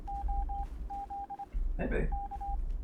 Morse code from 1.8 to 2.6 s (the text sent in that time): K